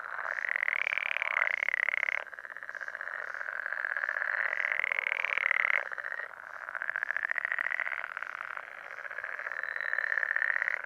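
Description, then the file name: Pool frog: harsh pulsed trills, continuous buzzing rattles rising and falling in loudness, with short breaks between phrases. "pelophylax lessonae"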